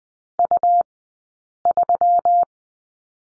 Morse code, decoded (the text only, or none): U3